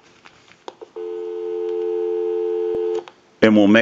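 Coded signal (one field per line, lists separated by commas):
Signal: telephone call progress tone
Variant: North America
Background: speech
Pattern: dial tone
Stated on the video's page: Call progress tone heard on a Stromberg Carlson rotary dial candlestick telephone during checkout and repair.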